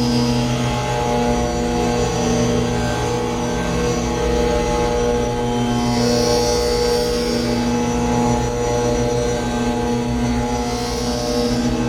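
A processed tambura drone hums steadily with layered low tones, and a brighter shimmering band swells and fades around six and eleven seconds.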